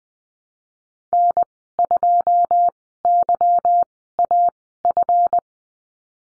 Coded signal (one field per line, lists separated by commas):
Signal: Morse code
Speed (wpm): 20 wpm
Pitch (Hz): 700 Hz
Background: none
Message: N2YAF